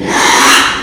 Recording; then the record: squeal of a Yucatan mini pig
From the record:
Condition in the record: after surgery on the right vocal fold (resection and tissue-engineered implant); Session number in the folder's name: 4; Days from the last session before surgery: 42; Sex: male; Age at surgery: 12 weeks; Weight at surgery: 13 kg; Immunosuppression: cyclosporine, prednisolone